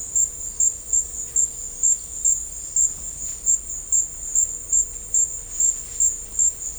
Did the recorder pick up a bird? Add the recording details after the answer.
no. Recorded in dense forest near Puerto Asís, Putumayo, Colombia, on 22 December 2024 at 13:30. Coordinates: 0.500, -76.322. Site G053